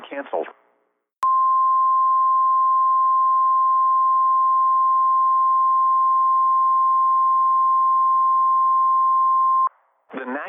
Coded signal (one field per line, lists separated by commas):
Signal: Emergency Alert System (SAME) tones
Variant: 1050 Hz attention tone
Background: speech